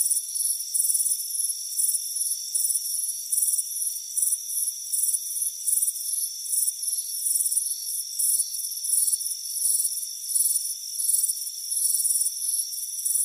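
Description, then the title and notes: Crickets giving high, rapid pulsed chirps in regular bursts under a second apart, with a constant thin insect hum beneath. Warm afternoon on a front porch. "Soothing Crickets Chirping Sound. It's a warm afternoon as you relax in a hammock on the front porch. Relax and fall asleep to the soothing sound of chirping crickets. Deep Sleep Sounds"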